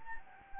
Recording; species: mosquito wingbeat signal from an infrared sensor; Anopheles gambiae